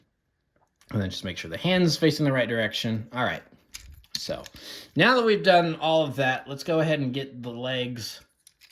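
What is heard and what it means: Someone talks while handling a Transformers Studio Series Leader Class Optimus Prime (44) figure, getting the plastic leg section of the transforming figure ready to be folded up into the body to make room. A faint, brief handling tap is heard near 8.5 s, but nothing has seated or clicked into place yet.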